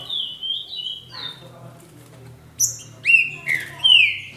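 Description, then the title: Green-winged saltator song, soft wavering whistles, a quieter stretch with low humming background, then a few loud whistled notes. "Trinca Ferro"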